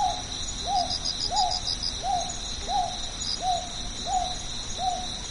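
Northern boobook with measured, evenly spaced hoo calls, each short and mellow, over a continuous high-pitched insect chorus.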